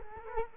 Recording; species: mosquito wingbeat signal from an infrared sensor; Culex quinquefasciatus